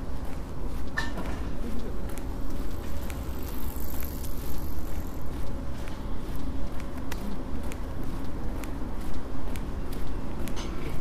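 Walking, with faint regular footstep clicks every half second or so over a steady low rumble, and a thin high whine around four seconds.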